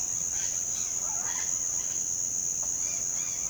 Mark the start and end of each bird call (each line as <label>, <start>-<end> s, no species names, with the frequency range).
bird call (0.8-5.4 kHz), 0.32-1.99 s
bird call (1.0-5.5 kHz), 2.72-3.49 s